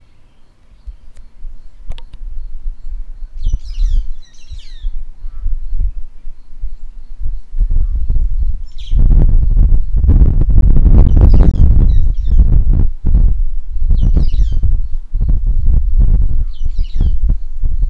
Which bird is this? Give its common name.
White-headed Buffalo-Weaver